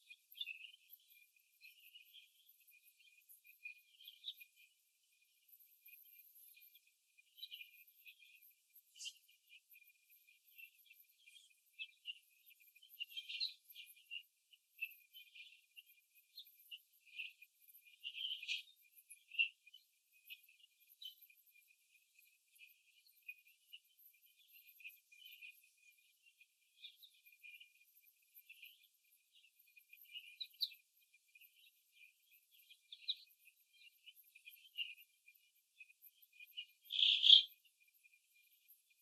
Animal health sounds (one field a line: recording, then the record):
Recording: young laying hens in a cage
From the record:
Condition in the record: before the stressor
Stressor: simulated dog barking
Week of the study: 2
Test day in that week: 3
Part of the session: 4